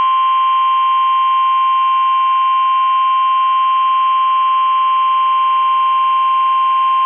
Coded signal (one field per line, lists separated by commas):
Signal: Emergency Alert System (SAME) tones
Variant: 1050 Hz attention tone